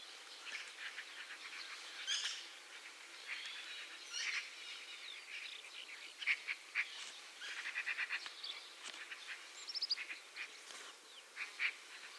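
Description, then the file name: Eurasian magpie chattering: harsh, rasping bursts, some run together into quick rattling series, scattered across twelve seconds with short pauses between them. "Pica pica"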